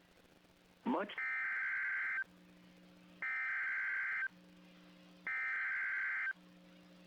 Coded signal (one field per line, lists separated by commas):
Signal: Emergency Alert System (SAME) tones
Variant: header bursts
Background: speech